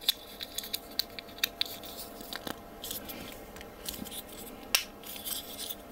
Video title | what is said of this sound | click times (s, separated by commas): *GundamModels* SD Gundam Age-1 - Part 1 | till it snaps into place again | 4.8 s